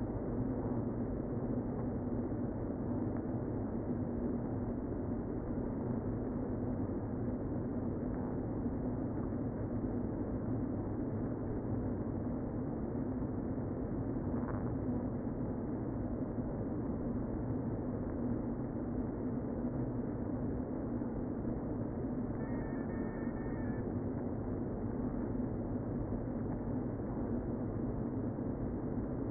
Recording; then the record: honeybee colony, microphone inside the hive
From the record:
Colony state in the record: queen present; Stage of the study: before two queens were removed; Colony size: about 60,000 bees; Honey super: yes